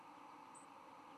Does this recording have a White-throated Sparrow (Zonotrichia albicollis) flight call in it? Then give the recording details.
no. Another species' flight call is heard. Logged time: 10:31 on 10 November 2014